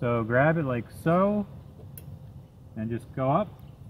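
Someone talks while getting ready to push a new Ford Motorcraft wiper blade with a wear indicator up onto the J-hook of a car's wiper arm, where two small side tabs are meant to lock it. The blade is only being handled here; nothing has seated or clicked yet.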